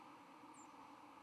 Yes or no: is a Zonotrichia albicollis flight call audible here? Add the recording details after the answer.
no. Another species' flight call is heard. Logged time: 02:19 on 13 November 2014